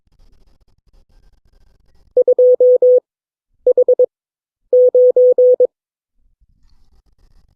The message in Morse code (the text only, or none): 2H9